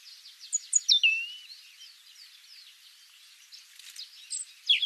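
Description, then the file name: European robin song phrase: a few high, thin notes sliding down to a lower note near the start, then another brief high burst at the end. "Erithacus rubecula"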